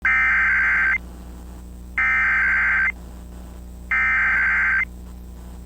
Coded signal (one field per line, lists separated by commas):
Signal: Emergency Alert System (SAME) tones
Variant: header bursts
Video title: Tornado Warning (9/14/25) [EAS #325]